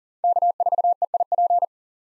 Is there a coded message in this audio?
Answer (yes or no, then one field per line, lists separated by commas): yes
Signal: Morse code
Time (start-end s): 0.2-1.6 s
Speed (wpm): 40 wpm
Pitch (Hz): 700 Hz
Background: none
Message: K4EIP